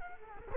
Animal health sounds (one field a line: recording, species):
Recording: mosquito wingbeat signal from an infrared sensor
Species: Culex quinquefasciatus